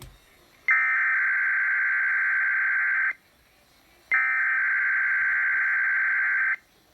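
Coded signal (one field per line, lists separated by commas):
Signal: Emergency Alert System (SAME) tones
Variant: header bursts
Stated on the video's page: EAS tones not captured on the uploader's own radios; Required Weekly Test.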